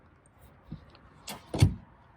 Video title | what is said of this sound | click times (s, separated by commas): 2020 Lexus GX Full Tutorial - Deep Dive | up and click | 1.6 s